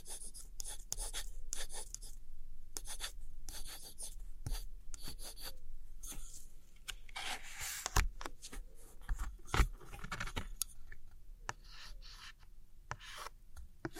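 Gentle scratchy tapping and tracing on old postcards: short dry scrapes and taps follow one another in an uneven, fairly busy stream. The rubbing grows denser through the middle, with a few sharper, louder taps near eight and ten seconds, over a faint steady hum.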